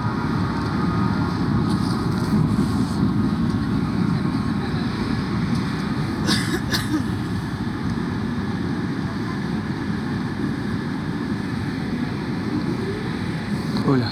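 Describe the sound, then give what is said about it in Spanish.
Steady, heavy low rumble of a subway train in motion, a continuous roar with faint hiss above and a couple of brief metallic clicks partway through. “estoy en el subte y me pregunto”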